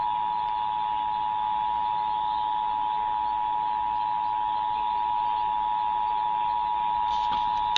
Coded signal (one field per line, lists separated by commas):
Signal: Emergency Alert System (SAME) tones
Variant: 853 and 960 Hz attention tone